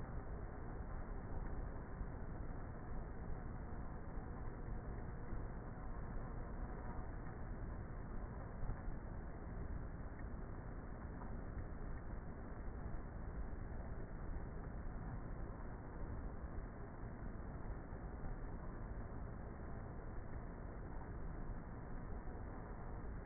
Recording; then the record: honeybee colony, microphone inside the hive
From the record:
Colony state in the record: queenless with a low population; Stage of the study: before two queens were removed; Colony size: about 30,000 bees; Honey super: no